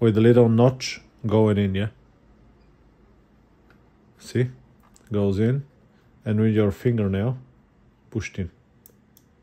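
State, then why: Seated. A SIM card is pushed with a fingernail into the spring-loaded push-push SIM slot of a ZTE 5G router while someone talks. Two sharp clicks sound at 8.9 s and 9.2 s as the card locks into the slot and seats.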